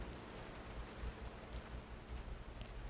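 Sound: rain falling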